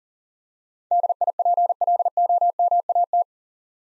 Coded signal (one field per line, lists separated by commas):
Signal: Morse code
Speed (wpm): 40 wpm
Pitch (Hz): 700 Hz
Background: none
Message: DIPLOMAT